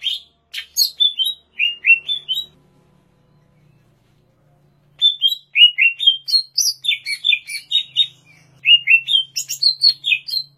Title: Cucak Ijo